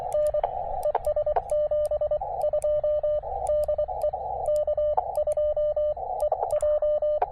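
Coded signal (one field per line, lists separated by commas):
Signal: Morse code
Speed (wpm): 24 wpm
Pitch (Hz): 600 Hz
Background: radio noise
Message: N ES 72 DE K2EJ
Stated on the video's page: POTA and SOTA activation with a KX2 and 17-foot vertical on 20m and 15m, with short-lived huge pileups.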